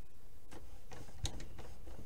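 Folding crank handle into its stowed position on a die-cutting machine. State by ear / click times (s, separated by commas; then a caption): seated / 1.3 s. The latch on the folding crank handle of a HAPPY CUT die-cutting machine is pulled and the handle is tucked inside into its stowed position. It snaps in by itself with a short, sharp click at 1.3 s, followed by fainter ticks around 1.4 s and 1.6 s. The handle is seated, clipped into place.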